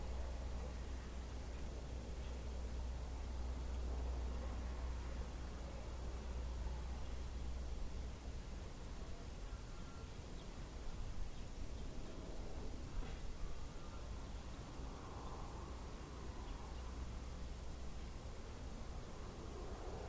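Wind in a small Midwest town, a steady rushing roar with a low rumble and gusts swelling around eleven and fifteen seconds.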